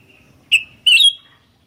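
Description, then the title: Sooty-headed bulbul: a short bright note followed quickly by a longer, slightly wavering one, both loud and clear. "kutilang"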